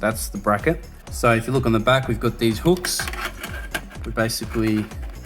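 Someone talks while handling an SSD mounting bracket, with the SSD already mounted to it, that has hooks on its back and goes onto the back of a PC case. Only speech and faint handling sounds are heard. Nothing has seated or clicked yet.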